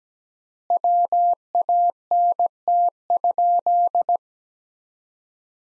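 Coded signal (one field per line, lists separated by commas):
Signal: Morse code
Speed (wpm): 17 wpm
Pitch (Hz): 700 Hz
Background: none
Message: WANT?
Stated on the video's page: Morse practice sentences from the top 400 words at 17 wpm with 4x standard word spacing, a Farnsworth-like drill for head-copying.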